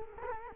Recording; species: mosquito wingbeat signal from an infrared sensor; Culex quinquefasciatus